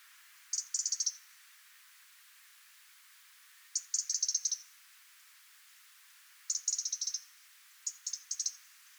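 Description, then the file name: European robin calling in four quick bursts of high, dry ticks, each burst a rapid run of several clicks, with pauses between. "Erithacus rubecula"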